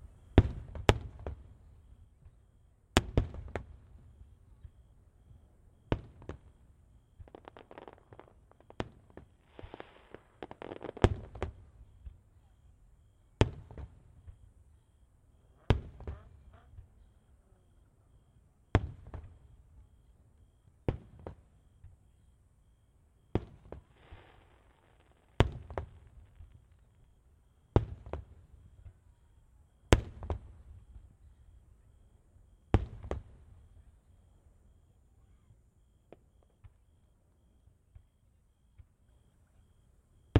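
Fireworks burst in sharp, loud cracks every two to three seconds, each followed by a low rumbling tail that hangs in the air between blasts. Faint crackling and hissing fill some gaps, and quiet voices murmur in the background.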